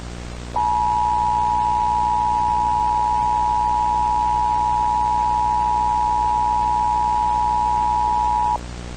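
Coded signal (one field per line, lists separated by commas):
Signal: Emergency Alert System (SAME) tones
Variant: 853 and 960 Hz attention tone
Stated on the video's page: Fictional EAS scenario.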